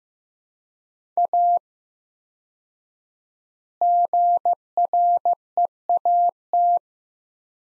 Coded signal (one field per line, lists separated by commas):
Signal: Morse code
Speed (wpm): 15 wpm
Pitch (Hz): 700 Hz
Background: none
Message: A GREAT